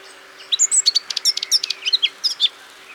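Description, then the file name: Eurasian blackcap song: a fast, lively run of sharp chirps and bright whistles lasting about two seconds, with a faint low steady hum underneath. "Sylvia atricapilla"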